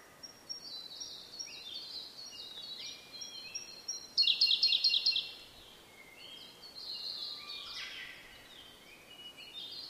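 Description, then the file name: Blue-and-white flycatcher song: thin high whistles, then a loud burst of rapid trilled notes midway, followed by softer whistled phrases. "oruri"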